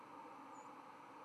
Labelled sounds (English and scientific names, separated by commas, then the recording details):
White-throated Sparrow (Zonotrichia albicollis) flight call
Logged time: 03:10 on 11 November 2014